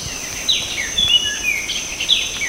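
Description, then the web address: Oriental Magpie-Robin with a short run of clear whistled and slurred notes, a few sharp accents, set against a constant high-pitched insect hum. Recorded at Danum on 8 August 2009. "DANUM 20090808. oriental magpie-robin"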